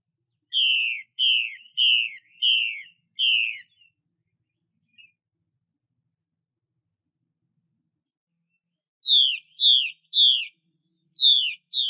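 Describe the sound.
Chinese hwamei song: five evenly spaced falling whistles, a long pause, then five sharper downslurred whistles in two bursts.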